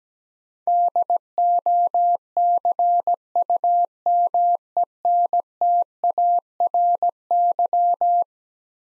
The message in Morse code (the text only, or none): DOCUMENTARY